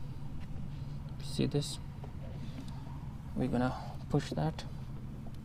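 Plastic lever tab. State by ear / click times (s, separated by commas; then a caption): not seated / none. On a 2015 Hyundai Sonata whose hood is stuck and won't open, the plastic tab of a replacement for the broken hood release lever is lined up with its mount in the car, ready to be pushed in. Someone talks over a steady low hum, with faint brief handling ticks around 2.0 s and 2.7 s. Nothing has seated or clicked yet.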